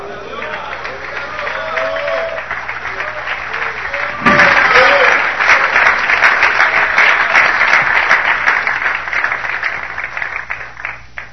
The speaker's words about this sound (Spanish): Oh, yo tengo que dar gloria a Dios. Dele un aplauso.